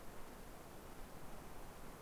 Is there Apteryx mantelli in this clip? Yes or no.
no